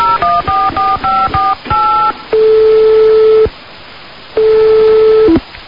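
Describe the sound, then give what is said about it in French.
A quick run of about seven two-tone keypad beeps as a phone number is dialed, followed by two long, steady ringing tones with a pause between them. “Passe-moi le téléphone s'il te plaît.”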